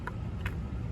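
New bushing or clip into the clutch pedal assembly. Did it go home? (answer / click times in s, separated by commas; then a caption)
no / none. A new bushing or clip from the ECS clutch pedal rebuild kit is handled at the clutch pedal assembly of a BMW E36 M3. Two brief sharp ticks at about 0.1 and 0.5 seconds sound over a steady low rumble. Nothing has seated or clicked into place yet.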